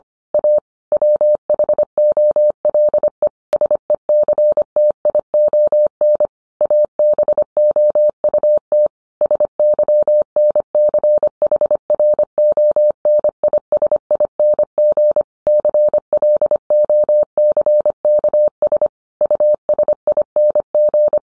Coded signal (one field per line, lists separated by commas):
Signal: Morse code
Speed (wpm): 25 wpm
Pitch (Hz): 600 Hz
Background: none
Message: A WHOLE SECTION ABOUT SYNCHRONISING CLOCKS USING